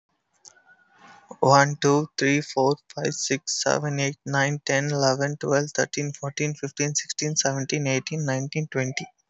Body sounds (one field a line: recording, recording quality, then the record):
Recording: counting at a fast pace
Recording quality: excellent, no background noise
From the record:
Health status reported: healthy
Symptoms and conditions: none ticked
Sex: male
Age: 21 years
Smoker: not ticked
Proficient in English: yes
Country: India